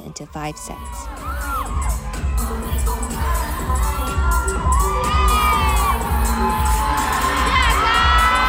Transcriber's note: nat sound of the show